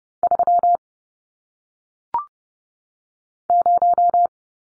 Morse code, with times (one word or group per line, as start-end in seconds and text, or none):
0.2-0.8 3
3.5-4.3 0